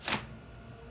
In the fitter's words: And then to unlock the stroller, you're gonna pull it up, and that unlocks it.